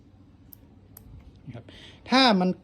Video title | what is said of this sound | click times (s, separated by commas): รีวิว gps ติดตามรถ SinoTrack รุ่น ST-901L รุ่นใหม่ล่าสุด รองรับ คลื่น 4G สามารถสั่งดับเครื่องได้ | กดเข้าไปดังพริกนั่นก็คือว่าใส่ถูกต้องนะครับแต่ถ้ากดลงไปแล้วไม่ดังกริ๊กนะครับหรือว่าฟื้นน่ะแสดงว่าเราอาจจะใส่ซิมผิดนะครับ | 0.5 s